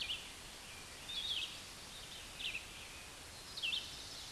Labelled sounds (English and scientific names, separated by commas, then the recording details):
Red-eyed Vireo (Vireo olivaceus) song
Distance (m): 30 m
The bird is about 20 m above the microphone
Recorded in a Pennsylvania forest on 16 May 2024 at 09:36
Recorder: AudioMoth, point MSD-2258
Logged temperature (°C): 15.2 °C
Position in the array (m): 181 m, 75 m